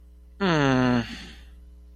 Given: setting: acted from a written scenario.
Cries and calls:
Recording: vocal sound without words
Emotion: disappointment

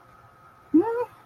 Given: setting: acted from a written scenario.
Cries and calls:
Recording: vocal sound without words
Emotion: confusion

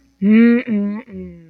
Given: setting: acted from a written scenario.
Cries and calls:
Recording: vocal sound without words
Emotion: shame

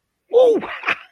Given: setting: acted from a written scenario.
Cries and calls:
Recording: vocal sound without words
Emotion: elation

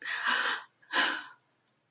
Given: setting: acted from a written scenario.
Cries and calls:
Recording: vocal sound without words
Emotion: fear

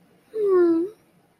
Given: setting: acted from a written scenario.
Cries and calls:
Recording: vocal sound without words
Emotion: contentment

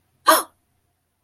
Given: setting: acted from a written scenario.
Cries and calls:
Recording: vocal sound without words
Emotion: positive surprise

